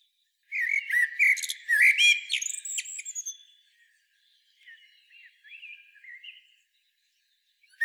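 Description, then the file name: Common blackbird song, a fluty warbled phrase with scratchy high twitters and a thin whistle, followed by softer, quieter warbling notes. "Turdus merula"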